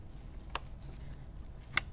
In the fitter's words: And you hear it on both sides. That's how you know the module's fully inserted.